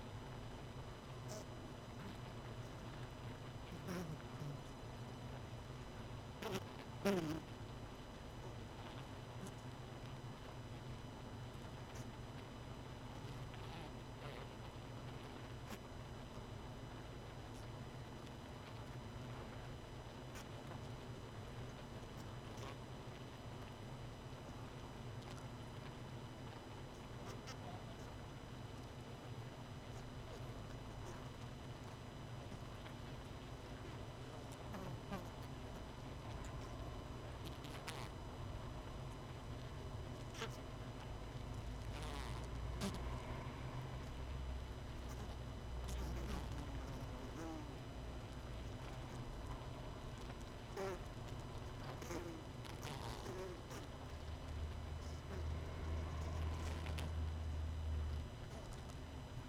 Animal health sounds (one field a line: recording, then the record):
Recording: honeybee colony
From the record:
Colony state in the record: missing queen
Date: 31 May 2018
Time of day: 19:20